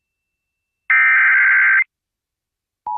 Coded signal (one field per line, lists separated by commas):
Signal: Emergency Alert System (SAME) tones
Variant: header bursts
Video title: LOX FFW on KNX EAS 49